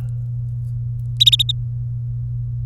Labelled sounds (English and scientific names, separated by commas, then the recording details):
Domestic Canary (Serinus canaria) song
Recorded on 23 April 2018 at 16:16
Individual llb3